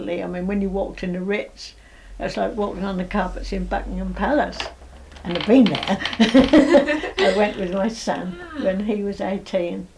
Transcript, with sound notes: I mean, when you walked in the Ritz, that's like walking on the carpets in Buckingham Palace! And I've been there! [laughs] I went with my son.
Ah!
When he was eighteen.